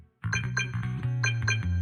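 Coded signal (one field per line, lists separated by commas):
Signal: none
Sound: game music notes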